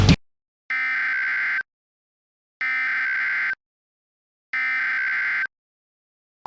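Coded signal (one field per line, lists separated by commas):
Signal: Emergency Alert System (SAME) tones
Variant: header bursts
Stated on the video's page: Fictional EAS scenario; the alert is simulated.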